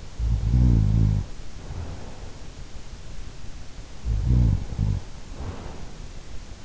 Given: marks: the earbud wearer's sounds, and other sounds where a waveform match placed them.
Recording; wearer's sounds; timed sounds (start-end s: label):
sounds in sleep by an in-ear microphone; snoring breath
0.00-2.39 s: snoring breath
4.05-6.28 s: snoring breath